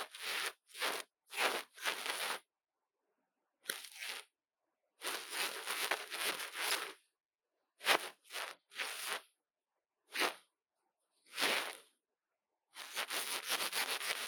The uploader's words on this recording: ASMR 刺痛注意!!幫手機掏掏耳朵 | Lo-fi | Ear Cleaning | NO Talking.